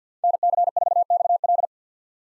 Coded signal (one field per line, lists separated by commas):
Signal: Morse code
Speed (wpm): 50 wpm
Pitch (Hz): 700 Hz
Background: none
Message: NC4XL